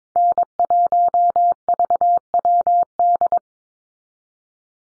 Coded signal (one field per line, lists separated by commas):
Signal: Morse code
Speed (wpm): 22 wpm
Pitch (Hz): 700 Hz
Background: none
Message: N1VWD